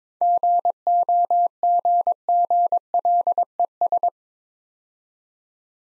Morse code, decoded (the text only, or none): GOGGLES